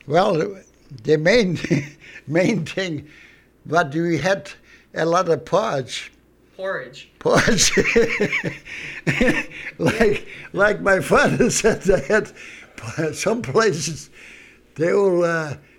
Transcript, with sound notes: Well, the main thing, what we had, a lot of porridge.
Porridge.
Porridge. ( he laughs ) Like my father said, I had some places, they were